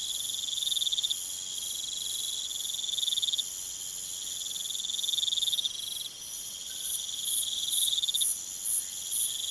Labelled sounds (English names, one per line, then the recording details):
none
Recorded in pastures near Puerto Asís, Putumayo, Colombia, on 22 June 2025 at 22:30
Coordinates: 0.486, -76.323
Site H29